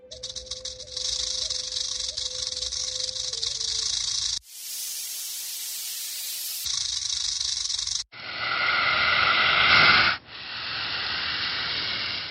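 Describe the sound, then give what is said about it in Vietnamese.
A swarm of black snakes hisses in long, harsh, overlapping waves, with scraping scales and a thin metallic ringing. The noise shifts abruptly between dense bursts, with no voices. “Tiếng vảy rắn cọ sắt cùng với tiếng kim loại chói tai, chỉ có khi rắn thẻ lưỡi nhả tiếng, tất cả đều không giống với bất kỳ loại rắn nào.”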